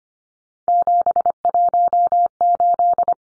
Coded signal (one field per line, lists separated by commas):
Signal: Morse code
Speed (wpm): 25 wpm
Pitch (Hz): 700 Hz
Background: none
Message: 718